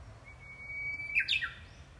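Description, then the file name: Japanese bush warbler singing one phrase, a sustained pure whistled note that breaks into a rapid, falling, slurred flourish, over a low steady hum. "ウグイス"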